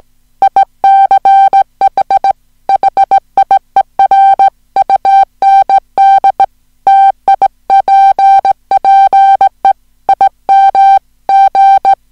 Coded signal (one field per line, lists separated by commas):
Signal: Morse code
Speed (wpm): 17 wpm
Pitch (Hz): 780 Hz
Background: music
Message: ICH HIER UND TIPPE IM G